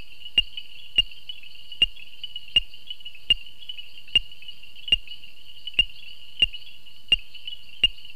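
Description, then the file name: Painted reed frog calling with a steady series of crisp clicks, set against an unbroken high buzzing drone. "Hyperolius viridiflavus"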